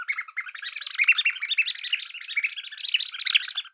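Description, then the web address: Bird calls: a dense, rapid twittering of bright chirps and short tweets, tumbling continuously without pause over a clean, quiet background. "Xsample. VOGEL"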